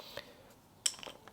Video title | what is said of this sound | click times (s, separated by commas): How to Install a NSX-R Headliner on your NSX Coupe | Pull it up. I pulled this piece out a little bit so I could hear it click in to place. | 0.9 s